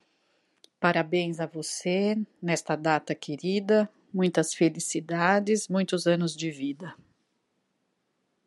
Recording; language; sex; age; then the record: short text; Brazilian Portuguese; female; 50 to 59 years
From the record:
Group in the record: control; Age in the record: 54 years